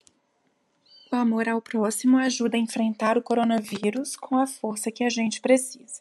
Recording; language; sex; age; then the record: spoken sentence; Brazilian Portuguese; female; 40 to 49 years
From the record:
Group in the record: control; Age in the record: 41 years